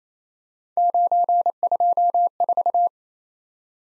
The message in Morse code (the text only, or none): 924